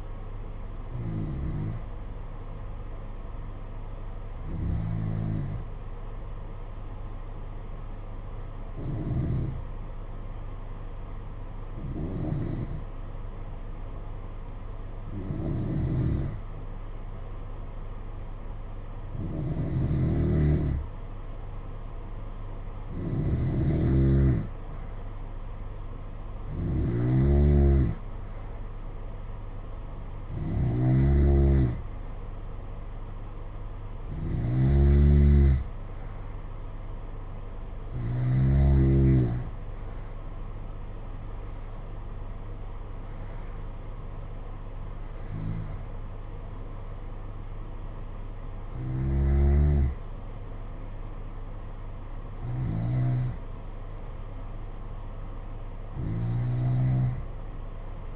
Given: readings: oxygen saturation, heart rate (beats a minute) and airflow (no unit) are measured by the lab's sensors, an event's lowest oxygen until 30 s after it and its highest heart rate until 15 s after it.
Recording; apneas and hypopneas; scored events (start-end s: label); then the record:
breathing in sleep by a smartphone at the bedside; 1
3.00-19.70 s: hypopnea (N2, oxygen 94% highest, then 89% lowest, heart rate 54 at the start, 63 highest)
From the record:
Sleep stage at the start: N2 (light sleep); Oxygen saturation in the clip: 89 to 94%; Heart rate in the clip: 53 to 63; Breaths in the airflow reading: 16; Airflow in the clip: -8.4 to 8.0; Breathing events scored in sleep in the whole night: 476 in 9.7 hours asleep